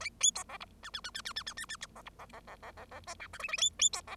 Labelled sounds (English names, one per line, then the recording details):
Bengalese Finch song
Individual Bird0